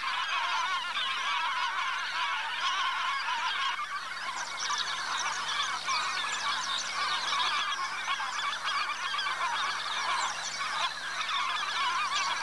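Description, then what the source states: Greater white-fronted goose: greater white-fronted geese in a dense flock: a continuous din of overlapping yelping honks and cackles from many birds, without pause. Flocks of thousands of geese flying over a river island.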